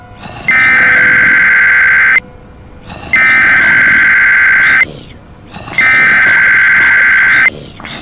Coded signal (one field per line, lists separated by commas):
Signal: Emergency Alert System (SAME) tones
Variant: header bursts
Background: speech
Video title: TMYKs mini EAS Scenario Zombie Square (REUPLOAD)